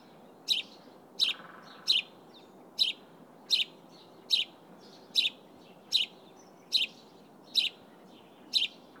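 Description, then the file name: House sparrow calls: short, high chirps repeated at a fairly even pace, with a soft, constant noise floor. "Passer domesticus"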